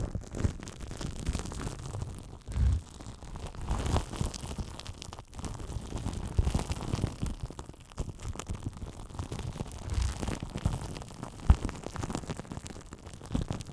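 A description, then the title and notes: Continuous brushing and scratching against a microphone, with soft rustling foam textures, low muffled thumps, and brief dips around two and five seconds. Mic Brushing, Scratching & Tingly Foam Sounds.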